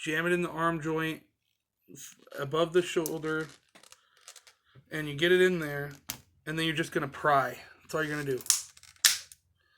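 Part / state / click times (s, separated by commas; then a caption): plastic torso halves of an action figure, pried apart at the shoulder joint / released / 9.0 s. A screwdriver is wedged into the shoulder arm joint of a plastic action-figure torso and pried while someone talks. A few small clicks come first, then the torso halves pop apart with a sharp pop at 9.0 s. This torso had already partly broken.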